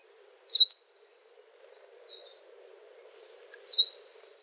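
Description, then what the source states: Anianiau calls: two short, high, sweet slurred notes about three seconds apart, with a fainter note between and a soft low hum behind. Kauai endemic honeycreeper; calls softer, sweeter in tone, most often of two or even three syllables.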